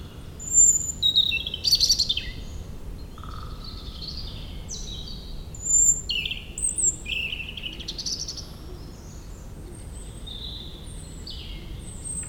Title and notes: 3051 Oud-Heverlee, Belgium - Meerdaalbos. Into the huge forest called Meerdaalbos, the European Robin singing, and planes takeoffs